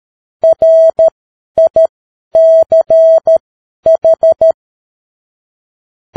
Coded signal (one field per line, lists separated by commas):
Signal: Morse code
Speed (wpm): 13 wpm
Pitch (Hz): 650 Hz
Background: none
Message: RICH